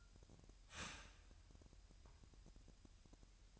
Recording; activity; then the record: daily activity, microphone in the room; start toaster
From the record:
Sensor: 2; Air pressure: 1001.9 hPa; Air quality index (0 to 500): 248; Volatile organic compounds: 39 ppm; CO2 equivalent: 3132 ppm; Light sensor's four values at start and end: 9/30/11/11 and 9/30/11/11